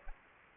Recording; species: mosquito wingbeat signal from an infrared sensor; Aedes aegypti